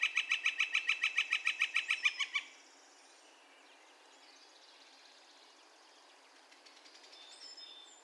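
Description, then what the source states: Northern flicker call series of quick, evenly repeated notes for about two seconds, ending abruptly, followed by quiet with a few faint chirps. Calls, recorded 2020-05-02.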